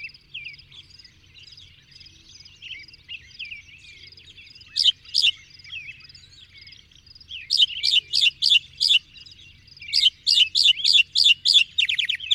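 Birdsong: thin quiet twittering, then loud bursts of rapid sharp notes repeated in quick clusters, with a faint low hum.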